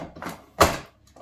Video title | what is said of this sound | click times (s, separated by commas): Ninja Creami Watermelon Sorbet (low cal ninja creami recipe) | Certainly waiting for the click sound. Click it in place, and then we're going different. | 0.6 s